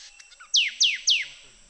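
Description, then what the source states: Sooty thicket fantail giving three quick, high notes that slide steeply downward, evenly spaced over under a second, against a faint continuous high-pitched background tone. Recorded in Papua New Guinea.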